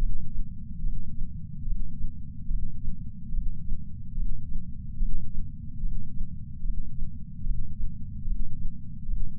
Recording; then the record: heart sounds by patch sensor on the chest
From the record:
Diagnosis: coronary artery disease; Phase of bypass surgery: intraoperative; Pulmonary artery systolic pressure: 24 mmHg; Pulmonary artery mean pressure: 17 mmHg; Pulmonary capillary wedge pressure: 7 mmHg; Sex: male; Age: 66 years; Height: 176 cm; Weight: 74.5 kg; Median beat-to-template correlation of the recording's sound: 0.83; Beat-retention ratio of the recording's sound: 1.00